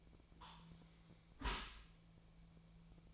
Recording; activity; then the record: daily activity, microphone in the room; close dishwasher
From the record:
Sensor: 1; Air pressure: 1000.5 hPa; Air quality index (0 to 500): 183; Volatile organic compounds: 4 ppm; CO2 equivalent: 1681 ppm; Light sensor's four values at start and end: 12/30/12/14 and 12/30/12/14